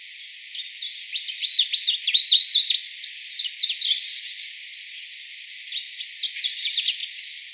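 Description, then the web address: Warbling white-eye song, quick high twittering phrases with sharp chirps, a short gap, then a fresh burst of tumbling notes. Recorded 10 March 2017. "birdenaga mejiro"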